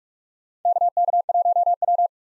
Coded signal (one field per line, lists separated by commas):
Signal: Morse code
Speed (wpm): 46 wpm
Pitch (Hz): 700 Hz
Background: none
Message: KK1W